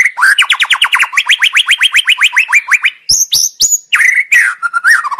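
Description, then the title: White-rumped shama song: a fast run of many repeated whistled notes, then a few high sharp notes and a warbled phrase. Training recording used to teach caged birds; song style named Labaik. "MASTERAN MURAI BATU LABAIK"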